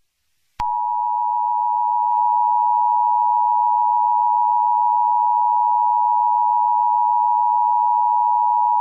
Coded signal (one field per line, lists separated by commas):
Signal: Emergency Alert System (SAME) tones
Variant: 853 and 960 Hz attention tone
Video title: The Fireball: An Asteroid EAS Scenario